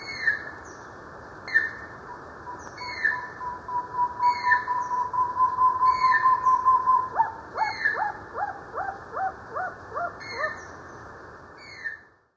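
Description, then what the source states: Short-tailed antthrush song: a long accelerating series of hooted notes that rises and swells, ending in a run of slurred, swooping notes, with a high bird call repeating behind. Recorded in Ecuador.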